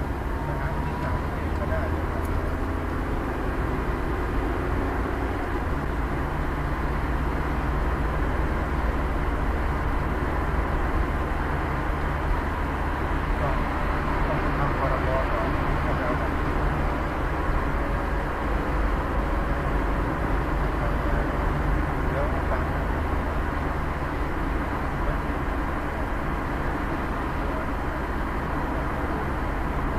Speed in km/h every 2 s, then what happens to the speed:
56, 57, 55, 54, 54, 52, 50, 48, 48, 46, 46, 47, 47, 48, 48.
0-30 slows to 48.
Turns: none.